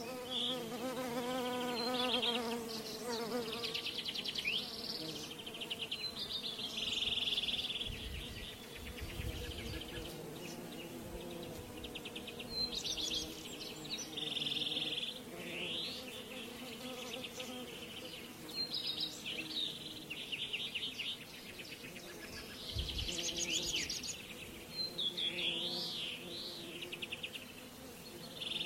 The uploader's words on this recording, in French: Dans cette expérience sonore, nous nous concentrons sur les bruits apaisants des abeilles bourdonnantes et des oiseaux mélodieux. Abeilles et oiseaux.